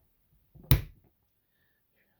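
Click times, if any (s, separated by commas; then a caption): 0.7 s. A charging handle is pushed with real effort into the receiver of a Hatsan bullpup shotgun until its spring-loaded ball detent catches a groove, a check on whether the handle falls out. A low shuffling rumble starts around 0.5 s, then a loud, sharp, broadband snap at 0.7 s fades out by about 1.0 s. The handle seats firmly at 0.7 s with a loud, positive click.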